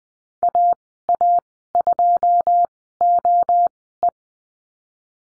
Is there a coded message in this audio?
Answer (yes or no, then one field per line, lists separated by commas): yes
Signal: Morse code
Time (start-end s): 0.4-4.1 s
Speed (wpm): 20 wpm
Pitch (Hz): 700 Hz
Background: none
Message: AA2OE